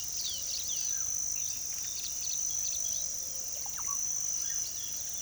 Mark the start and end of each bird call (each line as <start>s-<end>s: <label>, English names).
0.00s-0.92s: Chestnut-bellied Seed Finch
1.96s-2.77s: Olive-faced Flatbill
3.54s-3.96s: Russet-backed Oropendola